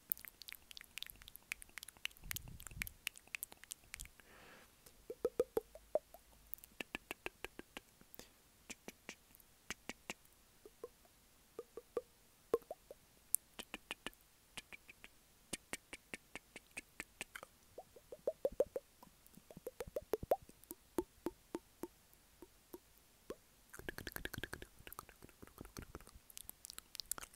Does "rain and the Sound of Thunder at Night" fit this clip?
no